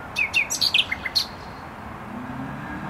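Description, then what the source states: Nightingale giving a brief phrase of quick rising chirps and sharp notes, then falling silent while a low traffic hum carries on. Singing in bushes close to a noisy motorway, Trasa Toruńska, Bródno-Podgrodzie, Warsaw, Poland; recorded with an Olympus LS-11.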